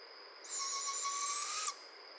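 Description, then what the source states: Barred owl uttering a single breathy, scratchy screech of just over a second with a faint rising edge, set against a constant high-pitched background tone. Recorded on 15 June 2011.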